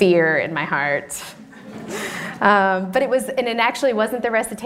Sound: laughter

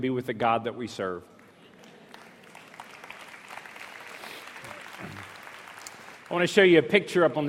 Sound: applause

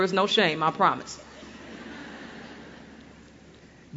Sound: laughter

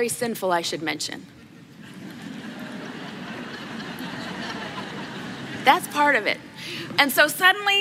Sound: laughter

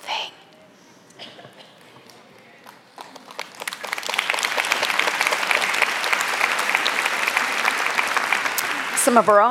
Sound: applause

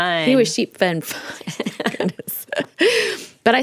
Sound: laughter

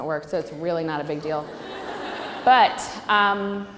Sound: laughter

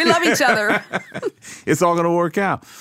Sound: laughter

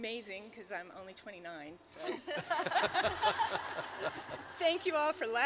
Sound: laughter

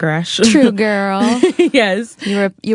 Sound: laughter

